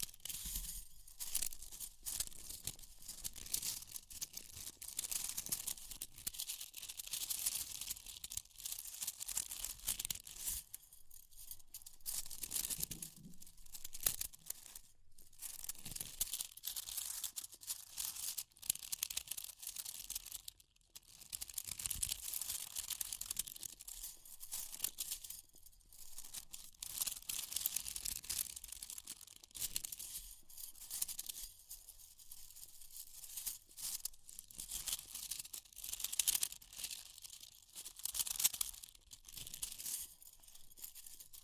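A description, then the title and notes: Fire crackling with dense, bright snapping and popping that runs the whole time, thick with tiny crisp bursts. The crackle swells and thins unevenly, with brief quieter gaps around 11, 15 and 21 seconds, and a soft low rumble sits underneath. Fire Crackling, Tapping, Scratching.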